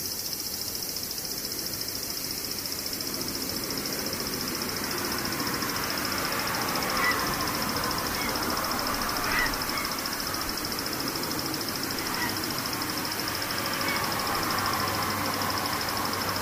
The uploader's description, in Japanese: セミ